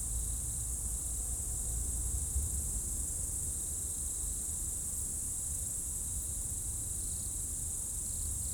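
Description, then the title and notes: Insects form a steady high chorus, with brief buzzy pulses appearing near the end, above a low rumbling background. Insect chorus in roadside bank and trees at dusk, first hairpin bend of Col du Chat road, Bourdeau, France; plane and a few vehicles; Tascam DAP1 DAT recorder, from a CDR burned 2006. "route col du Chat, Bourdeau, France - Tutti insectes. Dans la première épingle de la route du col du Chat à Bourdeau, insectes dans le talus et les arbres au crépuscule, avion, quelques véhicules"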